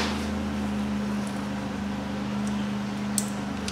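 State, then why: Seated. A repaired wiring harness connector on a Toyota Tacoma truck is plugged back into its mating connector over a steady low hum. A sharp click at 3.2 seconds shows it has seated, followed by a smaller tick near the end.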